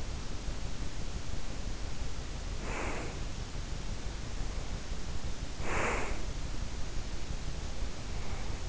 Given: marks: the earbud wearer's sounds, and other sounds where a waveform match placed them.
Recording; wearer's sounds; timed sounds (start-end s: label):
sounds in sleep by an in-ear microphone; breath
2.39-3.46 s: breath
5.51-6.32 s: breath